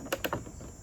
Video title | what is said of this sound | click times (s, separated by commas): #homedepot #animatronics #new #fypviralシ #fnaf #october #fall #nostalgic #moives #decoration | should both snap into place | 0.1 s, 0.2 s